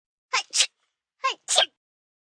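Two acted adult sneezes, each a short 'ah' intake followed by an explosive 'choo'.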